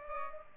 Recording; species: mosquito wingbeat signal from an infrared sensor; Culex pipiens